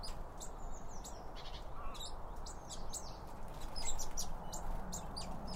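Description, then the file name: Birds chirp busily, with many rapid high twittering notes over a constant low rumble. Birds around a bird feeder, recorded with two Line Audio OM1 microphones. "Birds Around Birdfeeding With Two Om 1 From Line Audio"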